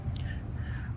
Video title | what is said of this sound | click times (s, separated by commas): How To Replace Headlights on a 2016 BMW 428i Grand Coupe. #f30 #f36 | I've got the new one in I put it in an angle and then I twisted it to the right until it clicked in place | 0.2 s